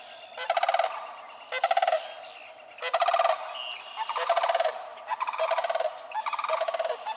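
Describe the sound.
Sandhill crane calling, harsh rattling trumpet notes in short bursts roughly every second.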